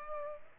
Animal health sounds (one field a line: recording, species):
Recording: mosquito wingbeat signal from an infrared sensor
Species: Culex pipiens